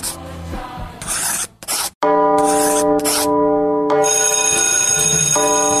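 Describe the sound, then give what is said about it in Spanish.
A loud bell rings continuously with a steady metallic, buzzing clang, preceded by a few short rasping bursts. No one speaks. “Ya tocó la campana.”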